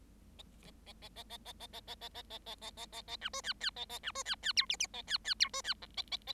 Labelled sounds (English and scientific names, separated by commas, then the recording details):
Bengalese Finch (Lonchura striata domestica) song
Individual Bird7